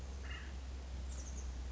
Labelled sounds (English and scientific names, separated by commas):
Acorn Woodpecker (Melanerpes formicivorus)